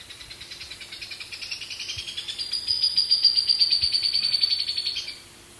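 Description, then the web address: Buff-fronted foliage-gleaner song: a long run of rapid, fairly regular chattering notes, about four per second, that grows louder and then stops abruptly. Recorded in Ecuador. "Birds of Ecuador. Buff-fronted Foliage-gleaner"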